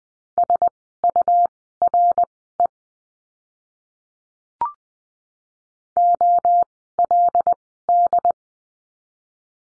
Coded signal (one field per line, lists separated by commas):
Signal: Morse code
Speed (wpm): 20 wpm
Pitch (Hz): 700 Hz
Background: none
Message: SURE OLD